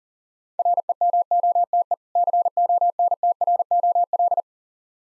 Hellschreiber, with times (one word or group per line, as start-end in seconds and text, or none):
none